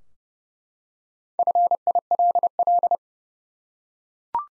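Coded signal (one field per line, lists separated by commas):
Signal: Morse code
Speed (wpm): 30 wpm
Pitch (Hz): 700 Hz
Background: none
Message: FILL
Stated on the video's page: Four-letter words sent at 30 wpm for head-copy practice, each sent once, spoken, then sent again.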